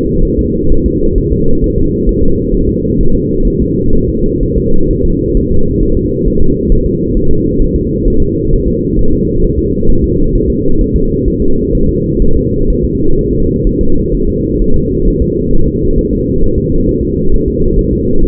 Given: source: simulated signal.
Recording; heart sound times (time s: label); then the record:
fetal heart sounds
0.25 s: S1
0.39 s: S2
0.72 s: S1
0.86 s: S2
1.18 s: S1
1.33 s: S2
1.64 s: S1
1.78 s: S2
2.09 s: S1
2.23 s: S2
2.55 s: S1
2.69 s: S2
3.01 s: S1
3.15 s: S2
3.48 s: S1
3.62 s: S2
3.95 s: S1
4.09 s: S2
4.43 s: S1
4.57 s: S2
4.91 s: S1
5.05 s: S2
5.37 s: S1
5.51 s: S2
5.83 s: S1
5.97 s: S2
6.28 s: S1
6.42 s: S2
6.72 s: S1
6.86 s: S2
7.17 s: S1
7.31 s: S2
7.62 s: S1
7.76 s: S2
8.08 s: S1
8.22 s: S2
8.53 s: S1
8.67 s: S2
8.99 s: S1
9.13 s: S2
9.44 s: S1
9.59 s: S2
9.90 s: S1
10.04 s: S2
10.36 s: S1
10.50 s: S2
10.81 s: S1
10.96 s: S2
11.28 s: S1
11.42 s: S2
11.75 s: S1
11.89 s: S2
12.22 s: S1
12.37 s: S2
12.70 s: S1
12.84 s: S2
13.19 s: S1
13.33 s: S2
13.67 s: S1
13.81 s: S2
14.14 s: S1
14.29 s: S2
14.62 s: S1
14.76 s: S2
15.08 s: S1
15.22 s: S2
15.53 s: S1
15.67 s: S2
15.98 s: S1
16.13 s: S2
16.44 s: S1
16.58 s: S2
16.89 s: S1
17.03 s: S2
17.34 s: S1
17.48 s: S2
17.79 s: S1
17.93 s: S2
18.24 s: S1
From the record:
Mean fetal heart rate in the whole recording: 130 bpm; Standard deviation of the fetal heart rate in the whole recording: 4 bpm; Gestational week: 38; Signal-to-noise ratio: -19.1 dB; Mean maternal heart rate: 72 bpm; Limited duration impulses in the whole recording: present